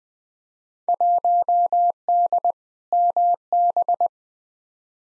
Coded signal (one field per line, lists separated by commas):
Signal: Morse code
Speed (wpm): 20 wpm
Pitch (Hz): 700 Hz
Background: none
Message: 1D MB